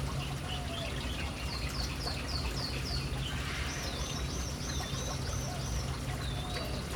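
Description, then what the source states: Birds with clear whistled notes, a run of short descending chirps followed by longer swooping whistles, over rushing fountain water. City birds hanging around an urban fountain.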